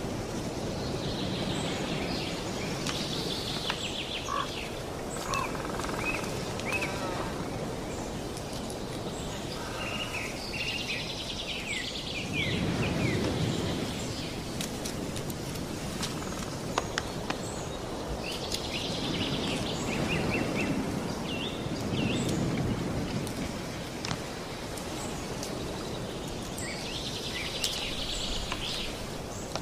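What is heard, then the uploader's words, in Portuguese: Nature sounds outdoors: a steady, dense bed of rushing noise, possibly wind or moving water, swelling louder around 12 to 14 seconds and again near 20 to 23 seconds. High bird calls and chirps come and go throughout, with brief sharp clicks scattered across the recording. Sons da Natureza.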